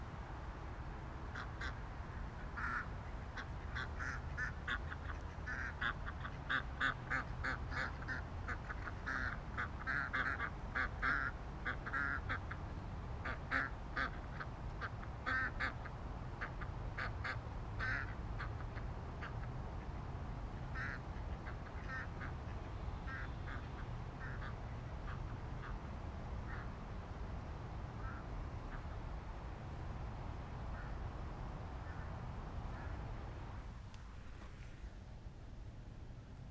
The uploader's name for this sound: Ducks Quacking